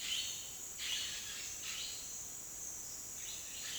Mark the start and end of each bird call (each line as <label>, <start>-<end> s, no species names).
bird call, 0.00-2.04 s
bird call, 3.15-3.79 s